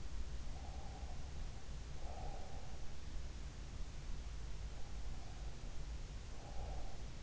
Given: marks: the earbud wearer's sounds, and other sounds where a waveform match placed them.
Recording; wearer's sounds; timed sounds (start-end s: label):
sounds in sleep by an in-ear microphone; breath
0.39-2.78 s: breath
5.07-7.23 s: breath